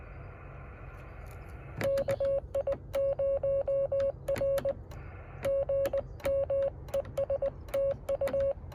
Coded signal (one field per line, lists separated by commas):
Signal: Morse code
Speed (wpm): 20 wpm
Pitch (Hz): 550 Hz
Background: radio noise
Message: KI0R GM ES TU